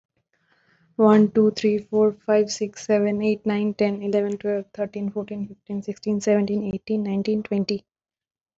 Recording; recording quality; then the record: counting at a fast pace; excellent, no background noise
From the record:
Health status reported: respiratory illness, not identified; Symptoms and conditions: asthma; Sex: female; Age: 27 years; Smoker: not ticked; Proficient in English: yes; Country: India